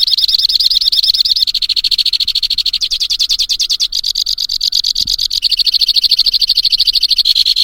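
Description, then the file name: White-winged crossbill singing a continuous chain of rapid high trills, changing slightly in speed and pitch from section to section. "suara kicauan burung white winged crossbill. omkicau"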